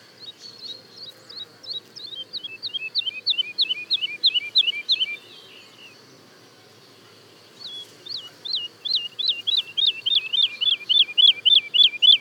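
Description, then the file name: Woodlark song: two long trills of repeated looping notes separated by a short pause, the second trill building in loudness. Daytime song and duet of woodlarks, Le Puech, France. "alouette lulu chant de jour et duett Le Puech F"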